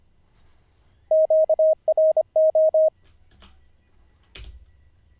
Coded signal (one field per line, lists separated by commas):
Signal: Morse code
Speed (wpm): 26 wpm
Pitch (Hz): 630 Hz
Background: none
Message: QRO